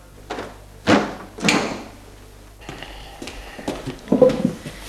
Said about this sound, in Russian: С вашего разрешения я открою окно, душно.